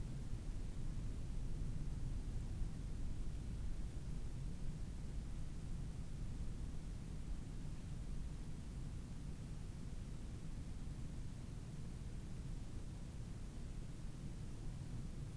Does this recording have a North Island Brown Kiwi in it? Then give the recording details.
no. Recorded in New Zealand on 25 November 2015. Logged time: 01:28. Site CH66